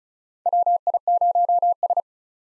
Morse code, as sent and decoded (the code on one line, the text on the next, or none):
.-- .. ----- ...
WI0S